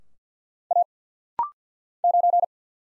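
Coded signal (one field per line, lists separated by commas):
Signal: Morse code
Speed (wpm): 50 wpm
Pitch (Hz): 700 Hz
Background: none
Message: A 9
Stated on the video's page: Rapid-fire 50 wpm Morse practice drill of single letters and numbers, each character sent twice for head-copy.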